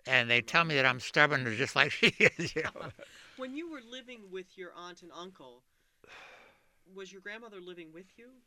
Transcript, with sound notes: And they tell me that I'm stubborn just like she is. ( they laugh )
When you were living with your aunt and uncle, was your grandmother living with you?